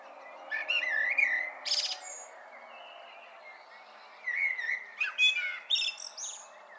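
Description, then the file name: Common blackbird song: two warbled phrases, each ending in sharp, high squeaky twitters, separated by a pause, over steady background hiss. "Turdus merula"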